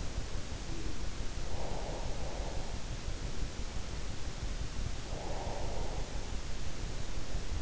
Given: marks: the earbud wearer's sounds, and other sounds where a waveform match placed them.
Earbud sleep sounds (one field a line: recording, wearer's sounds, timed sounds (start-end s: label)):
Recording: sounds in sleep by an in-ear microphone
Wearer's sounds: teeth grinding, breath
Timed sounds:
0.63-1.15 s: teeth grinding
1.53-3.12 s: breath
4.94-6.01 s: breath